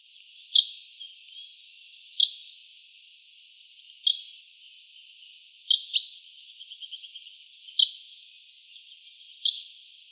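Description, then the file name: Common chaffinch calls: sharp, high, very short notes repeated roughly every two seconds, with a soft brief twittering run between two of them. "Fringilla coelebs"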